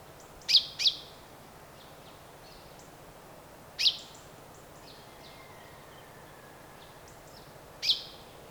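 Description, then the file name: Common chaffinch giving sharp metallic 'pink' calls, a quick pair then single notes several seconds apart, with soft faint chirps in the background. "Fringilla coelebs"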